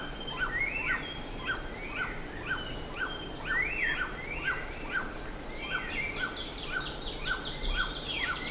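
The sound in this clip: Birds chorusing: clipped repeated notes around twice a second under busier high chirps and a fast trill near the end.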